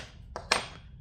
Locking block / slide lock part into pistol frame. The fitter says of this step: should hear it click and both slots should be lined up you should be able to take your punch